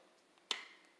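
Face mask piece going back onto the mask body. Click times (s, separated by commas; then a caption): 0.5 s. A removed piece of a face mask is fitted back onto the mask body by hand after washing hands. One sharp, loud, short snap is heard at 0.5 s, preceded by a faint tick, and the piece snaps back into place.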